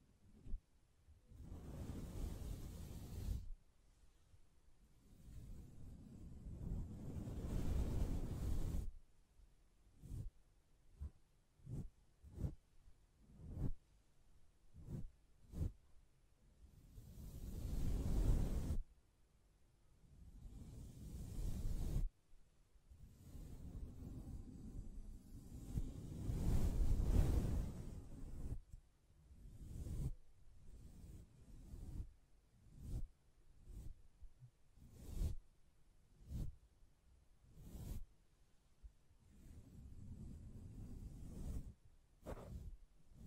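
Hands brush, scratch and tap against a microphone, producing low rumbling swishes that swell and fade in bursts lasting a few seconds. Sharp taps punctuate the gaps, coming quickly in clusters, especially near the start and the final fifteen seconds.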